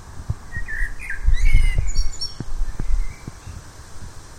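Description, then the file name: Common blackbird singing a mellow whistled phrase that breaks into thin, high twittering notes, with scattered low knocks underneath. "Turdus merula"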